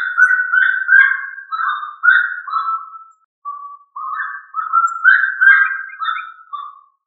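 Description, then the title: Rail giving a rapid run of notes stepping up and down in pitch, pausing briefly midway then continuing. "LuckyFamilia RallidaeFrangoSama"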